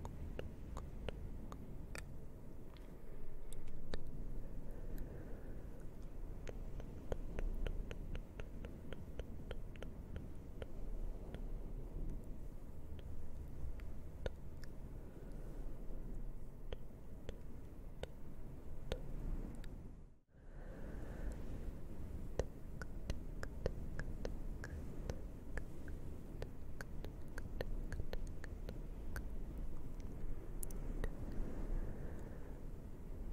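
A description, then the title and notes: Close-up tk-tk mouth sounds and crisp clicks come in quick, uneven bursts over a thick, muffled low rumble from fuzzy microphone covers being handled. Everything stays dense and near, apart from a brief drop to near silence around twenty seconds in. ASMR up close all the tktk sounds to make you sleepy with fluffy mics.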